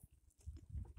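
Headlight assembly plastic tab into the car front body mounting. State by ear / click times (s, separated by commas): not seated / none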